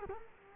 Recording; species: mosquito wingbeat signal from an infrared sensor; Culex quinquefasciatus